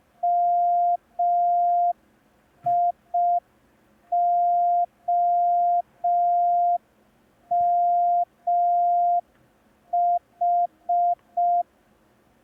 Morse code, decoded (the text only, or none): MIOMH